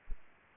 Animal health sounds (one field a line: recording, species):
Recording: mosquito wingbeat signal from an infrared sensor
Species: Aedes aegypti